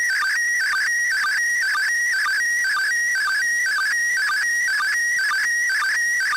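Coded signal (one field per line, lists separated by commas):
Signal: SSTV (slow-scan television)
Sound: warbling tone hopping between two pitches, repeating rhythmically twice a second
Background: radio static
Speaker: this is a recording of an entire image download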